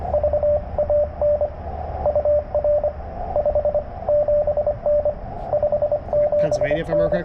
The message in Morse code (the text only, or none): VAN UR 57N 57N